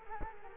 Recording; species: mosquito wingbeat signal from an infrared sensor; Culex quinquefasciatus